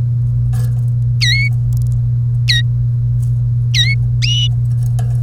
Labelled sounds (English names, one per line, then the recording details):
Domestic Canary song
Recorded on 1 May 2018 at 09:21
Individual llb3